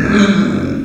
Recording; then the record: squeal of a Yucatan mini pig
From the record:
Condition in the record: after surgery on the right vocal fold (resection and tissue-engineered implant); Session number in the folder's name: 9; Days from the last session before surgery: 65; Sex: female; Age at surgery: 19 weeks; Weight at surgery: 25 kg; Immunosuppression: prednisolone